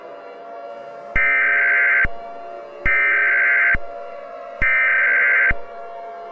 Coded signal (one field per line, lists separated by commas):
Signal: Emergency Alert System (SAME) tones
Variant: header bursts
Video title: Mickey Error XII: The Return of Mickey Error: The Worst in History! -EAS Scenario (#57)